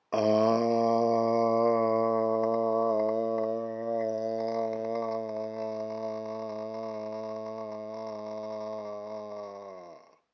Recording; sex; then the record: sustained vowel /a/; male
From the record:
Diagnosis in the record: healthy control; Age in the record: 68 years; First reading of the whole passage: 59 s, 8.7 characters per second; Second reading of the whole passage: 51 s, 9.9 characters per second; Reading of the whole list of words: 42 s, 6.7 characters per second